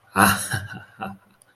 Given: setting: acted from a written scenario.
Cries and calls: vocal sound without words; elation

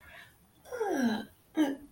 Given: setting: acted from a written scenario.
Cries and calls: vocal sound without words; ecstasy

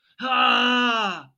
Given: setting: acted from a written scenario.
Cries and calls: vocal sound without words; anger

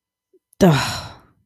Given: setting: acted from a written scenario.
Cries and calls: vocal sound without words; disappointment

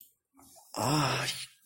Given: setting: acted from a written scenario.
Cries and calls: vocal sound without words; pain

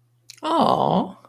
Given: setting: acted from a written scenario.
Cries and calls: vocal sound without words; adoration

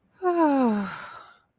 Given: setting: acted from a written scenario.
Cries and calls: vocal sound without words; ecstasy

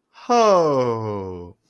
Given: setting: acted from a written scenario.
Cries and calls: vocal sound without words; positive surprise

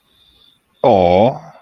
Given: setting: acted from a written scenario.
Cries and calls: vocal sound without words; adoration

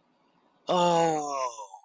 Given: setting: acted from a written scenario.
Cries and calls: vocal sound without words; awe

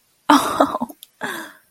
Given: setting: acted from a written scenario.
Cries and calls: vocal sound without words; elation

